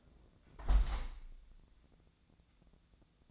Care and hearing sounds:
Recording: daily activity, microphone in the room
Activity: close window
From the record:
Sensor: 3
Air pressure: 1012.3 hPa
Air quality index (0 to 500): 122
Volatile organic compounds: 1 ppm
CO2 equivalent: 951 ppm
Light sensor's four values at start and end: 180/432/177/164 and 182/435/178/165

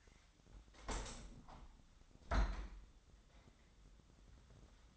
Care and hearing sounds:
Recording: daily activity, microphone in the room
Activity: open window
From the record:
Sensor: 3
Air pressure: 1006.4 hPa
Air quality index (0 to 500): 192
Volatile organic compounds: 14 ppm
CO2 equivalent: 2444 ppm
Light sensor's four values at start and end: 9/23/9/9 and 10/23/9/9

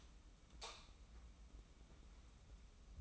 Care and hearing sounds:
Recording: daily activity, microphone in the room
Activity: light off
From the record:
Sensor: 1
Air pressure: 994.4 hPa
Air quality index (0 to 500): 227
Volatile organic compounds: 1000 ppm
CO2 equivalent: 8189 ppm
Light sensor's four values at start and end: 148/342/152/166 and 145/329/148/162

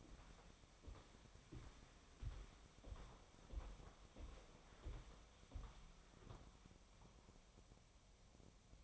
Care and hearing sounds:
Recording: daily activity, microphone in the room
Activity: walk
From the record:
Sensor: 1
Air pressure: 1015.3 hPa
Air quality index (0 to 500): 131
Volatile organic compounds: 5 ppm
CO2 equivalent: 1797 ppm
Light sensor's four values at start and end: 12/30/12/13 and 12/28/11/13

